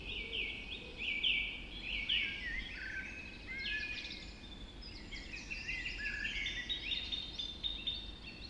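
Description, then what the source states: Birds in a dawn chorus, loud whistled notes early on, then many overlapping twittering and trilled phrases from several singers. Dawn chorus just after dawn in the Forest of Dean.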